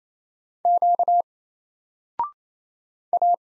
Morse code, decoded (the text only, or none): Q A